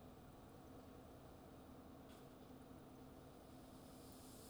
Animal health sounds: poultry house recording; no chicken sound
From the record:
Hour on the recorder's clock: 22

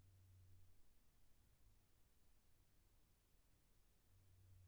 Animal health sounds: poultry house recording; no chicken sound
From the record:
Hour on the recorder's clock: 3

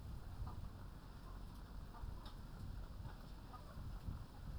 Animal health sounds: poultry house recording; sick chickens (respiratory disease)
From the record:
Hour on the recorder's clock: 21

